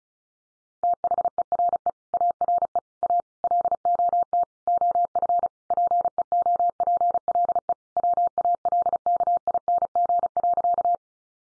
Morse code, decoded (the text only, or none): THERE ARE A LOT OF PEOPLE WALKING.